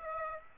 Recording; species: mosquito wingbeat signal from an infrared sensor; Aedes aegypti